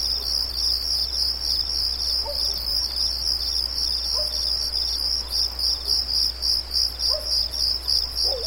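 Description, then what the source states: High, rhythmic cricket trilling pulses continuously, with a few faint low notes now and then beneath the chorus. Night ambience with light, high-pitched, rhythmic crickets.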